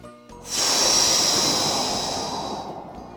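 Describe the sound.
A wolf blows hard on a straw house: one long, forceful blow of breath, a loud airy whoosh with a hissing edge that swells quickly, holds for about two seconds, then tapers off. No talking.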